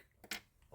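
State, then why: Seated. An oiled pinch roller is pushed onto its axle in the transport of a Sony TC-C5 cassette deck. Two sharp clicks are heard at 0.2 s and 0.3 s, the second louder and brighter. The roller is seated on its axle.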